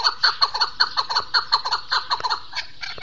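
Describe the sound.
See-see partridge calls: a fast series of short, bright, downward-slurred notes, several per second, loosening and fading toward the end.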